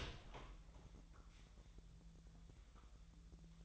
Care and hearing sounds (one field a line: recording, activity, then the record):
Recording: daily activity, microphone in the room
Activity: open door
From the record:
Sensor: 3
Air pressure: 1001.4 hPa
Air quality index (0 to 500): 249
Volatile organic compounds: 156 ppm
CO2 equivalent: 4048 ppm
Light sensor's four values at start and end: 9/20/8/7 and 10/23/9/9